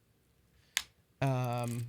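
The lower set of fold-out feet on the plastic base of a Logitech G915 TKL keyboard is pulled out, giving a single sharp click at 0.8 s as the foot snaps into place. Someone then talks.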